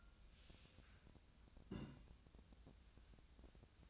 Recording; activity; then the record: daily activity, microphone in the room; take from stove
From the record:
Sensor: 2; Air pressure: 1009.8 hPa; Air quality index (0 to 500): 181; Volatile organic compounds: 10 ppm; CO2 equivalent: 2262 ppm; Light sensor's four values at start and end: 32/78/33/37 and 31/78/33/37